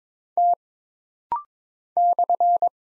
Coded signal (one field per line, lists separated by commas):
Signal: Morse code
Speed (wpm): 22 wpm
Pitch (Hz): 700 Hz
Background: none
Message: T /